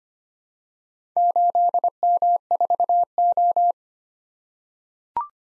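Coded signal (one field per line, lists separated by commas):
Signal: Morse code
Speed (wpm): 25 wpm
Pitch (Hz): 700 Hz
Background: none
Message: 8M4O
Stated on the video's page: Morse practice drill of random four-character letter-number groups at 25 wpm, each sent, then spoken, then sent again for head-copy.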